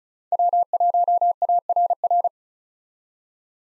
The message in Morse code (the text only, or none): W1ARR